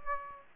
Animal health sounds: mosquito wingbeat signal from an infrared sensor; Aedes aegypti

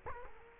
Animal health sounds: mosquito wingbeat signal from an infrared sensor; Culex quinquefasciatus

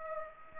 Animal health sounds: mosquito wingbeat signal from an infrared sensor; Aedes aegypti

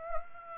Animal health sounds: mosquito wingbeat signal from an infrared sensor; Aedes aegypti

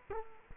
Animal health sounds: mosquito wingbeat signal from an infrared sensor; Culex quinquefasciatus

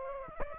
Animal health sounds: mosquito wingbeat signal from an infrared sensor; Aedes aegypti

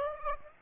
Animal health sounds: mosquito wingbeat signal from an infrared sensor; Aedes aegypti

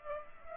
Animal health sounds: mosquito wingbeat signal from an infrared sensor; Aedes aegypti

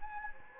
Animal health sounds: mosquito wingbeat signal from an infrared sensor; Anopheles gambiae

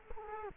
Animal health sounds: mosquito wingbeat signal from an infrared sensor; Culex quinquefasciatus

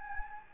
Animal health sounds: mosquito wingbeat signal from an infrared sensor; Anopheles gambiae

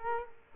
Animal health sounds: mosquito wingbeat signal from an infrared sensor; Culex quinquefasciatus

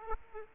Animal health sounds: mosquito wingbeat signal from an infrared sensor; Aedes aegypti

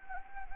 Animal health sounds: mosquito wingbeat signal from an infrared sensor; Anopheles gambiae

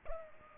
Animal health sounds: mosquito wingbeat signal from an infrared sensor; Culex pipiens

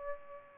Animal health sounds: mosquito wingbeat signal from an infrared sensor; Aedes aegypti

